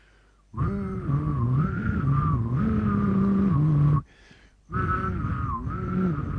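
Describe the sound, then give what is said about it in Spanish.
Someone whistles a tango tune alone in a whistling competition, a sustained, gliding melody in two loud phrases, breaking off briefly before picking the tune back up, with a buzzy, reedy tone underneath the pitch. “arranca la competencia de silbido sí. de la Copa de Ramada en estos momentos con el silbido de Arrabal”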